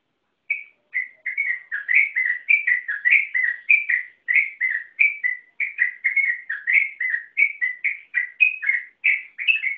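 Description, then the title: Yellow-vented bulbul singing a steady, bubbly stream of short, liquid whistled notes that rise and fall quickly, continuing without pause. "Suara Trucukan"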